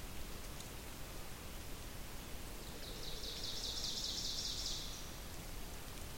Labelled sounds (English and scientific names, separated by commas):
Ovenbird (Seiurus aurocapilla) song